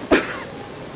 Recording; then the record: coughing mixed with background sound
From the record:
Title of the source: 34 coughing up crap again